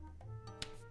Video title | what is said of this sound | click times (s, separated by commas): So, I Bought a Foldable Phone.. | That's a satisfying snap. | 0.6 s